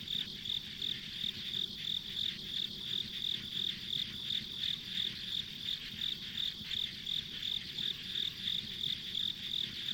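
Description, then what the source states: Insects chirp rhythmically, short high notes repeating about every third of a second, backed by a steady high-pitched trill and low rumble. Ambient insect sounds recorded on a country road.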